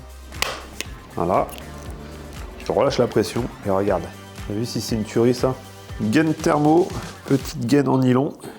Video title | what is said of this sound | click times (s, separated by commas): PREMIER DÉMARRAGE DU SWAP TURBO | et tu pompes. T'as l'impression de rien faire, mais si, et tu vas jusqu'au clic. | 0.4 s, 0.8 s